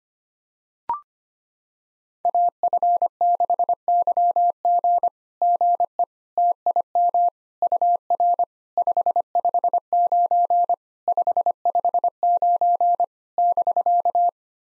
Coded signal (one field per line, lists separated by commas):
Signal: Morse code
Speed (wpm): 25 wpm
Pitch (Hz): 700 Hz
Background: none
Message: AF6YG GE TIM UR 559 559 <BK>